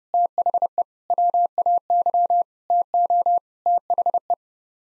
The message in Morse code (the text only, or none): THE WAY TO THE